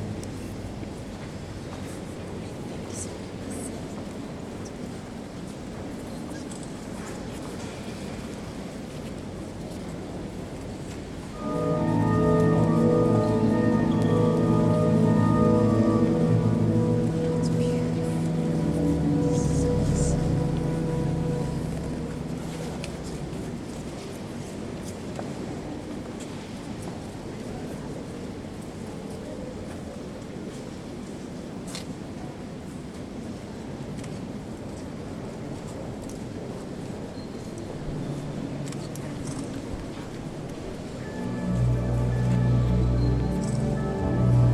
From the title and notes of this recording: General atmosphere recorded in the Notre Dame in Paris. The organist is apparently practicing but even that makes a nice atmosphere.